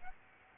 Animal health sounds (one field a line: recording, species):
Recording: mosquito wingbeat signal from an infrared sensor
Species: Aedes aegypti